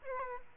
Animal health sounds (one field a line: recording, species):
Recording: mosquito wingbeat signal from an infrared sensor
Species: Aedes aegypti